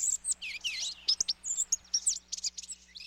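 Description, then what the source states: Blue-gray Gnatcatcher song: a busy, squeaky tumble of high chips and slurs, varied in pitch. Male's long, squeaky song, which may include imitations of other birds; its variety likely helps attract a mate.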